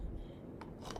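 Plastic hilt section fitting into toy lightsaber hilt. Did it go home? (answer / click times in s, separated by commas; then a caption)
yes / 0.6 s. Two plastic hilt sections of a Nature Elemental generation 1 toy lightsaber, with their red-square marks lined up, are pushed together, and the activation switch piece snaps into place with a sharp click at 0.6 s. Two fainter clicks follow at 0.9 s and 1.0 s over a low, steady background.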